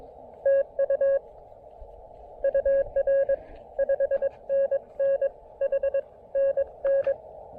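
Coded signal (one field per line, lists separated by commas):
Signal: Morse code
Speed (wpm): 21 wpm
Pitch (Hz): 560 Hz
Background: none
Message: TU UR 5NN HNN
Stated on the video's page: SOTA activation on 20, 17, 15 and 10 meters using an improvised wire antenna on an observation deck rail.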